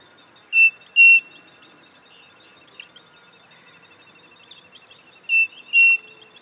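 Bird call: two pairs of clear, steady whistled notes, the second of each pair longer, separated by several seconds, over a constant high insect-like buzzing chorus.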